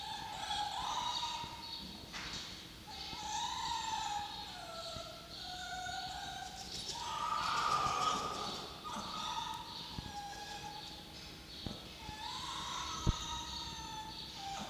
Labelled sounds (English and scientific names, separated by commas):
Red Fox (Vulpes vulpes)